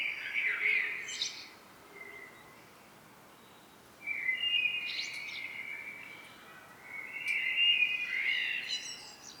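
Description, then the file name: Common blackbird song, a short warbled phrase, a soft note, then two longer fluty phrases with high squeaky twitters, separated by short pauses. "Turdus merula"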